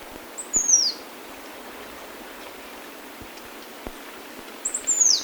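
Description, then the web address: Yellow-throated tanager with two sharp, very high notes sliding downward, the second coming about four seconds after the first, against quiet background hiss. Ecuador. "Birds of Ecuador. Yellow-throated Tanager"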